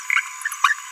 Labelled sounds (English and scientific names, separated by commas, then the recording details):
Green-rumped Parrotlet (Forpus passerinus) babbling
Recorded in a nest box in Venezuela
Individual 18B17A3